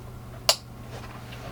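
The second wiring-harness connector of a trailer hitch on a 2014 Chevy Equinox is pushed into the vehicle's harness plug, and one sharp, loud click sounds at 0.5 s over a faint, steady low hum. The connector clicks in and is seated.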